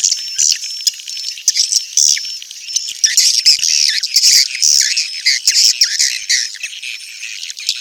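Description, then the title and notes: Swiftlets twittering in a dense chorus of high, rapid chirps and buzzy trills, with thin whistled notes running through it. Swiftlet sound used for swiftlet farming in Asia. "Swiflet Bird Sound. Farming Swiflet Bird asia sound"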